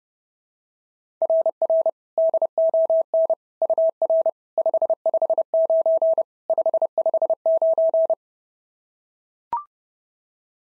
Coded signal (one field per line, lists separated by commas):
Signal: Morse code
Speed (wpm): 26 wpm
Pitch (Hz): 650 Hz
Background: none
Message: RR DON UR 559 559